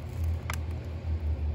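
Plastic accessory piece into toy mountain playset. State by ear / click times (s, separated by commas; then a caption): not seated / none. A plastic accessory piece, one of the green railings, is fitted by hand onto a Masters of the Universe Origins Snake Mountain toy playset. Only handling noises are heard over a low steady rumble, with a brief sharp tap at 0.5 s. Nothing has snapped or clicked into place yet; the piece goes on without a snap because it only fits one way.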